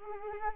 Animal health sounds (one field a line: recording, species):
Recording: mosquito wingbeat signal from an infrared sensor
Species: Anopheles arabiensis